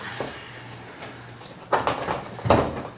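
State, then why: Seated. The top of a projection screen frame is hung onto a wall-mounted top bracket, then pushed up and in. It clicks into place at 1.9 s and again at 2.5 s, seating more easily this time.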